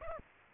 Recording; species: mosquito wingbeat signal from an infrared sensor; Aedes aegypti